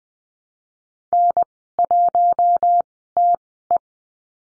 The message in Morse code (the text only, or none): N1TE